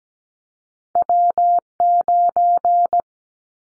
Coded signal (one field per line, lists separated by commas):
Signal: Morse code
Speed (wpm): 17 wpm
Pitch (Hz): 700 Hz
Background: none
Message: W9